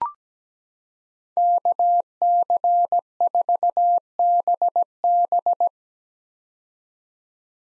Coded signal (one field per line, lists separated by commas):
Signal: Morse code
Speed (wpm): 17 wpm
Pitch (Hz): 700 Hz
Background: none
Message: KC4BB